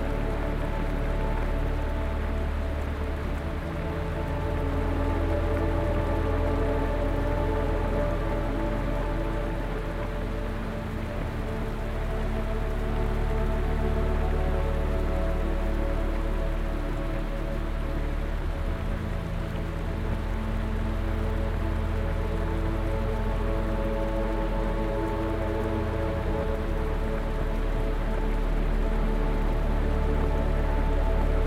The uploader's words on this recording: Swells and Rain. The string section creates ethereal chords that ebb and flow, creating a gentle embrace for your weary mind. A backdrop of constant rain sound envelops each melodic note.